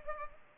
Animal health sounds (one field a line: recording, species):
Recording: mosquito wingbeat signal from an infrared sensor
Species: Culex pipiens